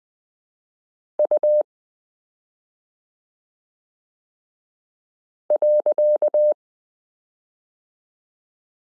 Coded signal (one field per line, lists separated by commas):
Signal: Morse code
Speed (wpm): 20 wpm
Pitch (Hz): 600 Hz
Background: none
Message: U .